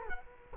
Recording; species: mosquito wingbeat signal from an infrared sensor; Culex quinquefasciatus